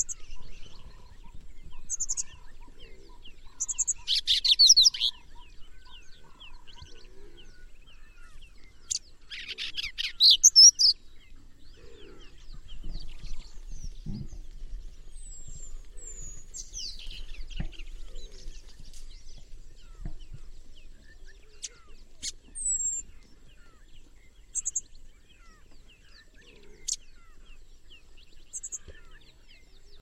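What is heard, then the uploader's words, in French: A skylark sings in bursts of bright, rapid trills and chirps, loudest around five and ten seconds, then continuing in thinner, scattered high notes. Brief whistled calls punctuate the song, and a faint low rumble and soft clicks run underneath throughout. Alouette.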